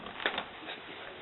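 A spark plug wire boot is pushed down onto a newly installed spark plug in a Subaru engine and seats with a sharp click at 0.3 s, followed by a softer tap at 0.4 s. The rest of the clip is quiet, with no talk.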